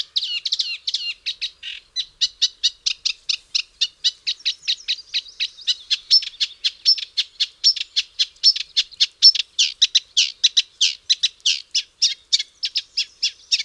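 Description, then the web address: Reed warbler song, a long, steady run of rapid chattering notes repeated several times per second, with slight changes in tone throughout. "Rorsanger"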